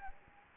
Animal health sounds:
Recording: mosquito wingbeat signal from an infrared sensor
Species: Anopheles gambiae

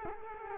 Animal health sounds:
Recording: mosquito wingbeat signal from an infrared sensor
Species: Culex quinquefasciatus

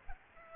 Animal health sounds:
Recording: mosquito wingbeat signal from an infrared sensor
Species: Aedes aegypti

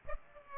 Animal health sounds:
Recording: mosquito wingbeat signal from an infrared sensor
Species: Aedes aegypti

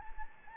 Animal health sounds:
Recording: mosquito wingbeat signal from an infrared sensor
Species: Anopheles gambiae

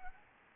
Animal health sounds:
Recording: mosquito wingbeat signal from an infrared sensor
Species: Anopheles gambiae

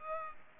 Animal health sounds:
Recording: mosquito wingbeat signal from an infrared sensor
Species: Culex pipiens

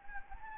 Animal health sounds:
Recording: mosquito wingbeat signal from an infrared sensor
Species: Anopheles gambiae

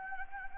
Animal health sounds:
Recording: mosquito wingbeat signal from an infrared sensor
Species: Anopheles gambiae

